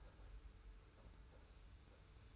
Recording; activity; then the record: daily activity, microphone in the room; take from stove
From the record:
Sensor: 2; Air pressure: 991.0 hPa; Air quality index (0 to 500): 109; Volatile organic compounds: 46 ppm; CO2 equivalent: 3247 ppm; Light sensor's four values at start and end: 35/102/40/38 and 35/102/40/38